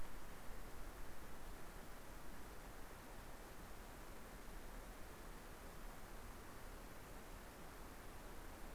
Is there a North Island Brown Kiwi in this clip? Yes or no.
no